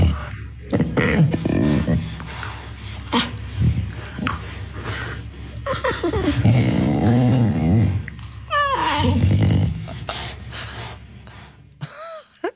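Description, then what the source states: Snow leopard grumbling: low rough growls and huffs in bursts, with a higher wavering yowl partway through. Two captive sisters playing and grumbling in sibling rivalry, living in a zoo in the United Kingdom.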